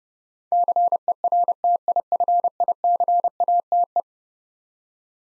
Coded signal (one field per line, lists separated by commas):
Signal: Morse code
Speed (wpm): 30 wpm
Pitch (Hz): 700 Hz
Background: none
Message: CERTIFICATE